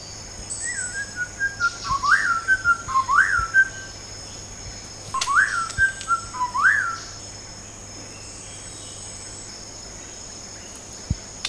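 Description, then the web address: White-rumped shama singing two short bursts of fluty whistles with upward-swooping notes, then quiet; constant high insect hum and a few clicks behind. Recorded at Danum on 8 August 2009. "DANUM 20090808. white-rumped shama"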